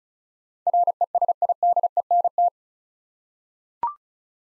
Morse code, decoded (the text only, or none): RESIDENT